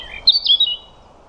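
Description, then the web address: European robin song fragment: a brief, sweet, high warbling phrase with a few quick slurred notes, under a second long. "Deverinetal 2025 File origin Bird Only Er Ru"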